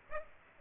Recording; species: mosquito wingbeat signal from an infrared sensor; Aedes aegypti